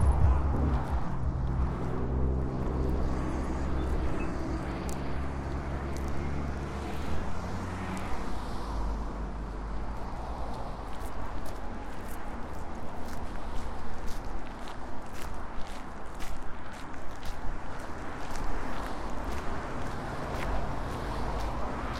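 A walk through Marpole: a steady low traffic rumble with an engine passing early, while sharp footstep clicks tap regularly throughout.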